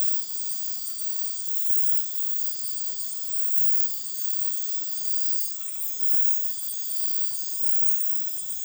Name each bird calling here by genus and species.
none